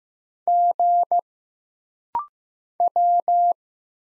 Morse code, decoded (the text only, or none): G W